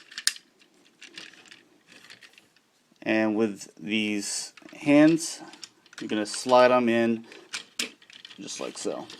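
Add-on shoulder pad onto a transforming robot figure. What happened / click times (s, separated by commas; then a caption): The plastic piece snapped into place / 0.3 s. A second plastic add-on shoulder pad from the Fans Project TFX-01 City Commander upgrade set is pushed onto a transforming robot figure the same way as the first, and it snaps in with a sharp click at 0.3 s, seating in place. Light plastic handling ticks follow around 1 s and again near 7.8 to 8.3 s while someone talks.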